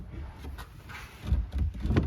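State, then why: Seated. A tabletop cover is lined up by its two back holes with the knobs of the outdoor stove on a 2023 InTech Sol Terra Rover and pressed down. Soft handling rustle and low thumps build as it is pushed, ending in a sharp click at 2.0 s as the cover sits down and locks into place.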